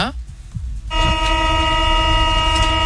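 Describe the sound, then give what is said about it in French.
A metro train's door-closing signal: a loud, steady buzzing tone with rich harmonics starts about a second in and holds unbroken to the end, over a low rumble of train noise. “Tu es dans le métro, ambiance de métro.”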